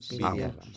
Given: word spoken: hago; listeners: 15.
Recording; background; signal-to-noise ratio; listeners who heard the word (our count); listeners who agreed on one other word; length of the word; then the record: one Spanish word in noise, from a listening test; four-talker babble; 0.5 dB; 0 of 15; 10 of 15; 0.37 s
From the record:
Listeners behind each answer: 10, 1, 1, 1, 1, 1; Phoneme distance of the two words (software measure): 17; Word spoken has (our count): 2 syllables, 3 phonemes, stress on syllable 1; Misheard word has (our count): 2 syllables, 4 phonemes, stress on syllable 1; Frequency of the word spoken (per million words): 36.79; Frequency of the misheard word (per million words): 358.56